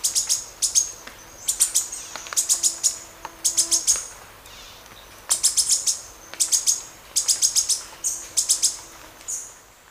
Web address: Natures Songs S America Birds of Ecuador Red-faced Spinetail